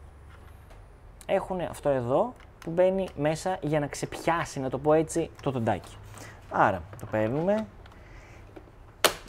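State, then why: Seated. Someone talks while pushing the plastic mop/water-tank attachment onto the underside of a Proscenic M7 Pro robot vacuum until its latch teeth engage. A sharp, loud click sounds at 9.1 s as the attachment locks into the robot vacuum body.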